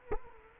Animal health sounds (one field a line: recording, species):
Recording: mosquito wingbeat signal from an infrared sensor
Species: Culex quinquefasciatus